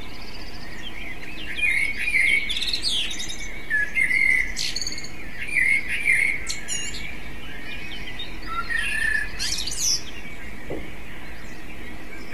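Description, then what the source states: Common blackbird song of several mellow, warbling phrases with squeaky high tails, over a faint constant low hum. Device: MZ-N 710; part of a phonography compendium.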